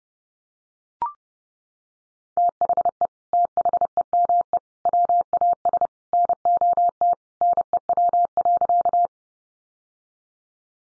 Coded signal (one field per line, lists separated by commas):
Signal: Morse code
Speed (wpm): 30 wpm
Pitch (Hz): 700 Hz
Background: none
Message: THE THEME WAS NOT NEW.